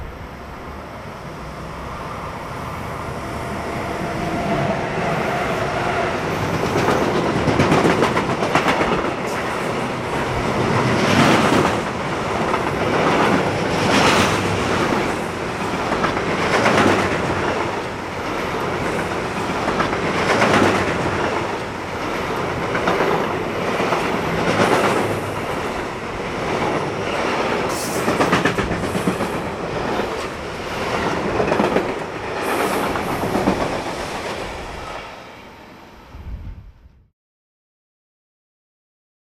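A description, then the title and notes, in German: A sugar beet train in Wettingen rumbles past steadily, with rhythmic clacking wagon beats throughout, fading up early and cutting off near the end. Rübenzug wettingen suisse.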